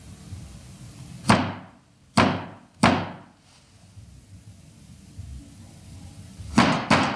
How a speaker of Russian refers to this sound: Видя, что дверь не открывают, разворачивается и стучит ногой.